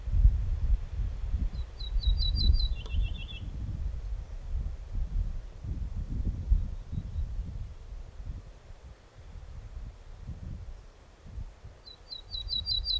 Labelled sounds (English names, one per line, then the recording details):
Ortolan Bunting song
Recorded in the wild
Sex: male
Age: adult
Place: Prezelle, OT Lomitz, Wendland, Niedersachsen, DE
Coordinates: 52.9439, 11.3967
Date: 1969-05-25
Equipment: Uher 4000 Report-S, Bändchenmikro Beyer M 260, Parabolspiegel Polyester (470 mm)
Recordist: Conrads, Klaus